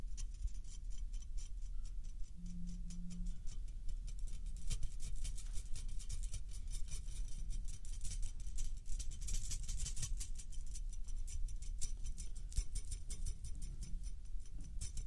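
A metal toy rattles and clicks in fast, dense, irregular ticking throughout, over a low steady rumble, with a brief low hum near three seconds.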